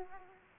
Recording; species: mosquito wingbeat signal from an infrared sensor; Aedes aegypti